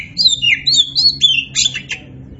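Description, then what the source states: Oriental magpie-robin song: continuous fluent whistled phrases, sweeping up and down, clear and rich, with a faint low hum beneath. Kacer poci variety; gacor, an Indonesian term for a bird singing actively and continuously.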